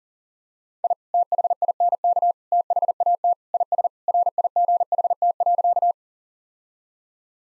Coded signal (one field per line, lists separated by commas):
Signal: Morse code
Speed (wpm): 37 wpm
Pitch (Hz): 700 Hz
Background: none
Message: I THINK THAT IS RIGHT.